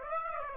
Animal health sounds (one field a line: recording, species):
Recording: mosquito wingbeat signal from an infrared sensor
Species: Aedes aegypti